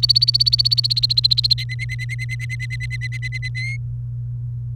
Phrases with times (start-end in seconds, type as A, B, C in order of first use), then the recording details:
0.00-1.54 A, 1.58-3.48 B, 3.55-3.77 C. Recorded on 28 April 2018 at 17:13. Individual llb3